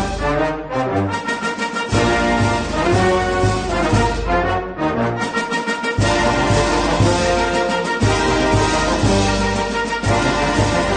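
A warm instrumental piece plays at a steady level, with sustained chords and a clear bass line stepping between notes. The low end drops out briefly near two seconds, then returns with a regular pulse, and the chords shift around six and eight seconds.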